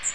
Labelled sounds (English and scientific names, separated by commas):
Magnolia Warbler (Setophaga magnolia) flight call